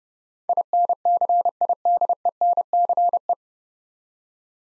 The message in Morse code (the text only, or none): INCIDENCE